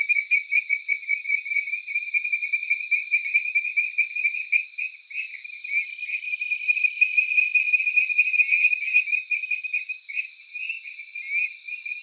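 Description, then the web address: Tree frog giving continuous high rapid trilling pulses, with no other sounds. Taiwan. "Tree frog of Taiwan"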